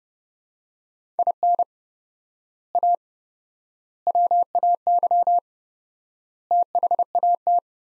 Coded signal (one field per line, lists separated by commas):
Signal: Morse code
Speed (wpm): 30 wpm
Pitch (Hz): 700 Hz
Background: none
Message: IN A WAY THAT